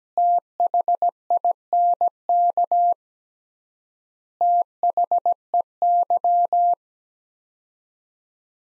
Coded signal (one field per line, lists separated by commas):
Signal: Morse code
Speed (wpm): 17 wpm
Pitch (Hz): 700 Hz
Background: none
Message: THINK THEY